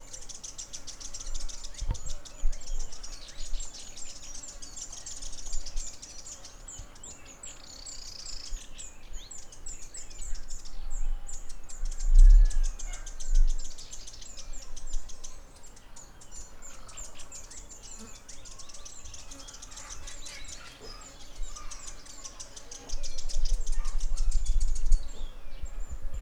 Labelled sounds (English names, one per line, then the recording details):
Buff-bellied Warbler
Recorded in northern Uganda